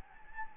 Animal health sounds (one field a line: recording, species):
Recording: mosquito wingbeat signal from an infrared sensor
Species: Anopheles gambiae